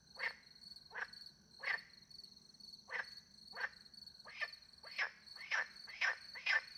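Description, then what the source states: Frog croaks, rasping notes that speed up toward the end, coming about twice a second, over a continuous high cricket chorus. Frogs with crickets at night in the countryside by a small pond, France; microphones hidden in a tree; two Usi pro microphones into a Mixpre 10 II recorder.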